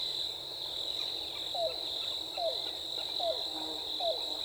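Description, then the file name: Yellow-billed cuckoo: four low, clucking down-slurred notes spaced under a second apart, with a steady high-pitched insect drone and faint chirping behind. On 14 April 2018. "2018-04-14 YBCU"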